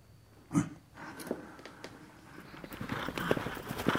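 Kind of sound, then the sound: animal, horse hooves clip-clopping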